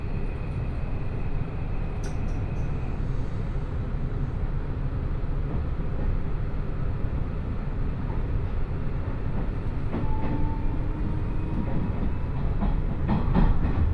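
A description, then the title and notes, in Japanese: A train ride toward Osaka Airport: a steady low rumble throughout, with a brief tone early on, faint clicks, and squeals near the end. 鉄道旅 大物→梅田→蛍池→大阪空港。蛍池で大阪モノレールに乗り換えて１駅先の大阪空港へと向かいます。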